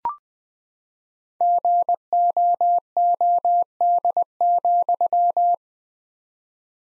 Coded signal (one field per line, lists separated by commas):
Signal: Morse code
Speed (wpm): 21 wpm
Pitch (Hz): 700 Hz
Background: none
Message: GOOD,